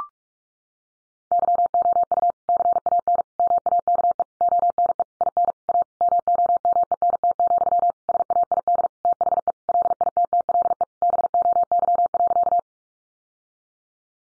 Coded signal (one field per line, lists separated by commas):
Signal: Morse code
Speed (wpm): 44 wpm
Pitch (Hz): 700 Hz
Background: none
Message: YOU CAN MAKE ONE IN A MOMENT, SAID THE LITTLE BOY.